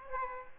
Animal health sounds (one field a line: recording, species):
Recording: mosquito wingbeat signal from an infrared sensor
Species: Aedes aegypti